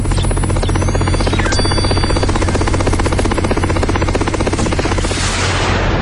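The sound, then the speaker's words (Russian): A helicopter that was hovering over a castle banks and lands on the roof of a tower; its rotor thumps in a steady, rapid rhythm over a loud engine whine and low drone, with the high end thinning slightly toward the end as it settles. “Вертолет, неподвижно висевший над замком, заложил вираж и опустился на крышу башни.”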